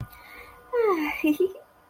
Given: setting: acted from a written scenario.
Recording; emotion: vocal sound without words; romantic love